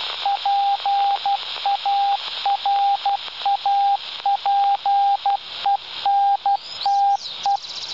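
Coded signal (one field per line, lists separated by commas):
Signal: Morse code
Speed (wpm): 12 wpm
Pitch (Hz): 800 Hz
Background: radio noise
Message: PARAPENTE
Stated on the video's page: Received mobile from an experimental repeater aboard a glider, on a Dj195 handheld with half-wave antenna, 146 MHz.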